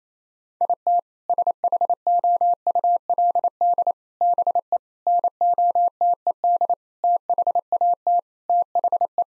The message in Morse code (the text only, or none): IT SHOULD BE NOTED THAT THE